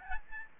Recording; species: mosquito wingbeat signal from an infrared sensor; Aedes albopictus